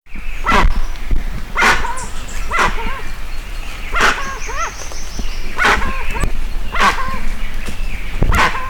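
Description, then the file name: Dusky-legged guan calls: harsh, barking notes with short hooked harmonic yelps, repeated roughly once a second, over a steady low rumble. Recorded in Itatiaia National Park, Brazil, on 27 October 2003. "Penelope-obscura-Itatiaia NP-Brazil-27-10-03"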